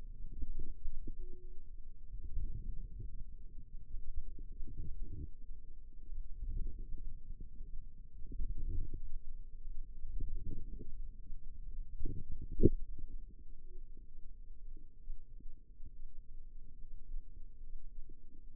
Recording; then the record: forearm muscle sounds (acoustic myography)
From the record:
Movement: ulnar deviation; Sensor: system 2, bracelet of six BSWA MPA416 microphones around the upper forearm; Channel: 3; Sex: female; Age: 22 years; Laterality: right